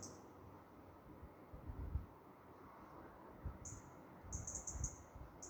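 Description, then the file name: European robin calls as short clusters of high, thin notes, one at the start and several later, over steady low rumble and soft thuds. "Erithacus rubecula"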